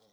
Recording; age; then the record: pig call; piglet (1 to 25 days)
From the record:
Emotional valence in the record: positive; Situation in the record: reunion after long isolation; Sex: male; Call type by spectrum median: low-frequency call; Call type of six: low-frequency tonal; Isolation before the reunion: 8 minutes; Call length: 0.13 s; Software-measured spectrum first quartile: 491 Hz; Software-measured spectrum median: 1593 Hz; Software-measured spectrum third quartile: 5589 Hz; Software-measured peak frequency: 536 Hz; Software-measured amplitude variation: 42 dB a second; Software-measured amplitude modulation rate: 15.3 a second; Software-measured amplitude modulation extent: 2.7 dB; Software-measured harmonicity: 2.9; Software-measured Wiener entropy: -1.90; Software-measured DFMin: 1083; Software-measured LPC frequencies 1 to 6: 567, 1897, 3349, 3907, 4572, 5444 Hz